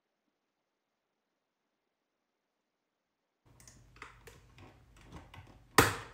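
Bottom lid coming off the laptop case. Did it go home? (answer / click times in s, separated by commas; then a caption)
released / 5.8 s. The glued and clipped aluminium bottom lid of a MacBook 12" Retina is pried loose by fingers on its second side during a battery replacement. After about 3.4 seconds of silence, faint small clicks and rustles build up. The lid then pops free with a loud, sharp snap at 5.8 s.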